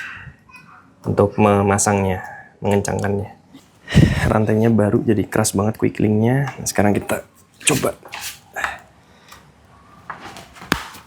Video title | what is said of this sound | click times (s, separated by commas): Cara Cek Keausan Rantai Sepeda ala Pro! + Tutorial Ganti Rantai | Ah, sampai bunyi tek. | 10.7 s